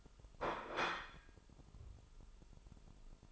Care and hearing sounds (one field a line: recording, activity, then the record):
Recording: daily activity, microphone in the room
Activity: place plate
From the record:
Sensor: 5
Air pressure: 988.7 hPa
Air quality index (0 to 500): 235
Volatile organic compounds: 193 ppm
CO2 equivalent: 4189 ppm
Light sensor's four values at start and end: 40/125/48/51 and 40/125/48/51